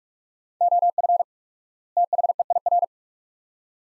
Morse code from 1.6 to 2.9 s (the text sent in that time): THEIR